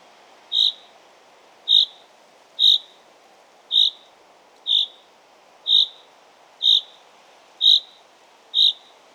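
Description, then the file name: Common chaffinch call notes: short, bright, sharp chinks repeated about once a second, nine in steady sequence over a faint low hum. "Fringilla coelebs"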